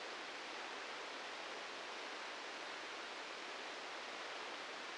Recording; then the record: brain microelectrode recording played as sound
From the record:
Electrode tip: outside the subthalamic nucleus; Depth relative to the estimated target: 3 mm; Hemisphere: right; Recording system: NeuroSet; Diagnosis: Parkinson's disease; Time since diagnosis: 10 years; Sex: male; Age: 56 years